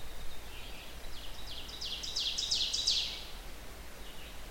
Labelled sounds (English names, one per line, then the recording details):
Ovenbird song
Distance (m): 35 m
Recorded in boreal forest in Alberta, Canada, on 16 June 2016 at 05:40
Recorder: SongMeter 3, array SBT-3-32
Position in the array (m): 143 m, 145 m
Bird 37